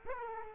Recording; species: mosquito wingbeat signal from an infrared sensor; Aedes aegypti